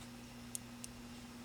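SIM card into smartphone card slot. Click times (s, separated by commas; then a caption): 0.6 s. A SIM card is pushed back into the spring-loaded card slot of a Galaxy S4 smartphone during reassembly after a headphone audio jack replacement. Over a steady low hum, a sharp click at 0.6 s marks the card seating and latching, followed by a softer tick at 0.8 s.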